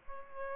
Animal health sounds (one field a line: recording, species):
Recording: mosquito wingbeat signal from an infrared sensor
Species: Aedes albopictus